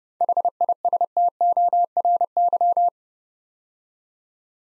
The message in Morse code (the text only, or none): HISTORY